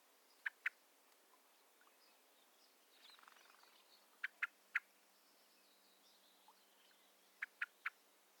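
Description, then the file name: Common blackbird calls: sharp clipped notes in pairs and triplets, separated by a few seconds of quiet, with faint background noise. "Turdus merula"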